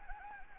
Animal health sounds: mosquito wingbeat signal from an infrared sensor; Anopheles gambiae

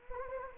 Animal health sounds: mosquito wingbeat signal from an infrared sensor; Anopheles gambiae

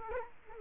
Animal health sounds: mosquito wingbeat signal from an infrared sensor; Culex quinquefasciatus

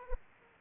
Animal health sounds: mosquito wingbeat signal from an infrared sensor; Aedes aegypti

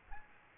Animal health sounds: mosquito wingbeat signal from an infrared sensor; Aedes albopictus

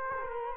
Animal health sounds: mosquito wingbeat signal from an infrared sensor; Culex quinquefasciatus

